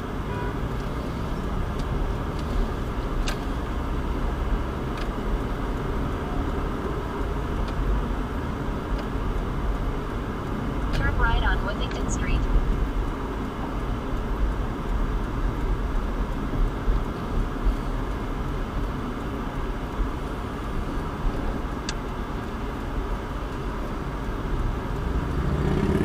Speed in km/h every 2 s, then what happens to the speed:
16, 24, 32, 34, 32, 34, 29, 27, 29, 23, 15, 10, 8.
0-4 speeds up to 32. 4-10 steady at about 32. 10-13 slows to 27. 17-26 slows to 8.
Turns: 19-26.